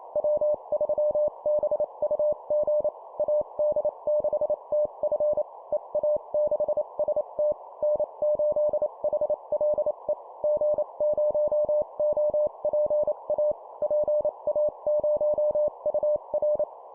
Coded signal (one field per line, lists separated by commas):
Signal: Morse code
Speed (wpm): 28 wpm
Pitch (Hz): 600 Hz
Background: none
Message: W3BUG AD6TF EA6ST N8HLE G0OPA PA0UR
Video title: 25wpm Call signs, improve cw morse code copy speed